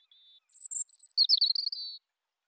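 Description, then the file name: European robin song: a thin high whistle, then a quick tumble of very high twittering notes and a sweet sliding warble. "Erithacus rubecula"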